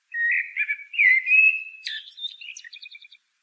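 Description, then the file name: Common blackbird song: a long mellow fluted phrase sliding into a thin, rapid twittering tail. "Turdus merula"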